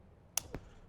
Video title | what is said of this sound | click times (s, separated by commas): Soundstream V2 Head Unit Installation & Review - 2014+ Harley-Davidson Touring | till we hear a click you're also going to want to make sure you have the center bolt for the front fairing | 0.4 s